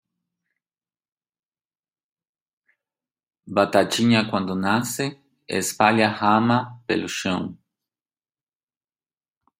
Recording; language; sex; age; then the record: short text; Brazilian Portuguese; male; 50 to 59 years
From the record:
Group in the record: control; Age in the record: 52 years